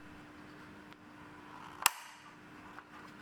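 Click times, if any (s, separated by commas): 1.9 s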